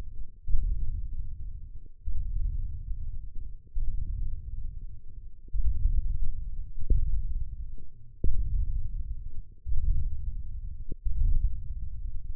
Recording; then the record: forearm muscle sounds (acoustic myography)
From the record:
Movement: ulnar deviation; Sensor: system 1, eight BSWA MPA416 microphones around the upper forearm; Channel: 3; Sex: male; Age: 20 years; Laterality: left